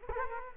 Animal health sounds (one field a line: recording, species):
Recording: mosquito wingbeat signal from an infrared sensor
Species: Culex quinquefasciatus